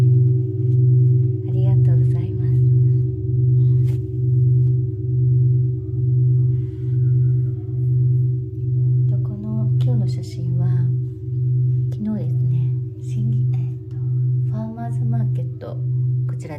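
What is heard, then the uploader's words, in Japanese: A singing bowl hums steadily with a low, regular pulsing wobble, while a voice speaks intermittently over it, mostly in the second half. メキシコから シンギングボウルのサウンドヒーリング ライブ。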